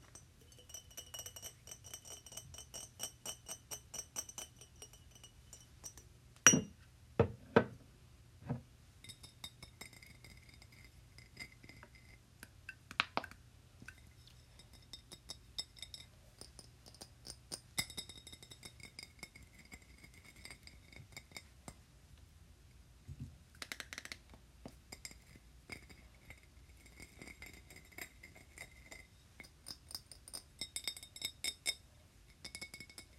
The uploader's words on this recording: 𝑔𝑙𝑎𝑠𝑠 𝐴𝑆𝑀𝑅 ( 𝑛𝑜 𝑡𝑎𝑙𝑘𝑖𝑛𝑔 ). 𝑔𝑙𝑎𝑠𝑠 𝑎𝑠𝑚𝑟 ・ 𝑡𝑎𝑝𝑝𝑖𝑛𝑔 ・ 𝑠𝑐𝑟𝑎𝑡𝑐ℎ𝑖𝑛𝑔 ・ 𝑙𝑜𝑓𝑖 𝑔𝑙𝑎𝑠𝑠 𝑠𝑜𝑢𝑛𝑑𝑠.